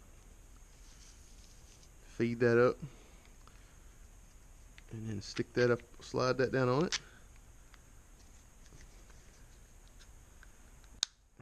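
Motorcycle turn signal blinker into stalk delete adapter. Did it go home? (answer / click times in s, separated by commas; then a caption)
yes / 11.0 s. Someone talks while sliding a motorcycle turn-signal blinker assembly down onto a 3D Cycle Parts stalk-delete adapter on an XR650L and pressing the plastic parts together. A single sharp, loud snap is heard at 11.0 s as the housing snaps into place and is seated.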